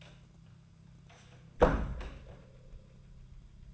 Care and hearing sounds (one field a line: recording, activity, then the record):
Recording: daily activity, microphone in the room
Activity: close door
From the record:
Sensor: 2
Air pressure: 1004.8 hPa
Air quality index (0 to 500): 73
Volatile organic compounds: 1 ppm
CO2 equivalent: 862 ppm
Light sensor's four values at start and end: 7/17/7/7 and 7/17/7/7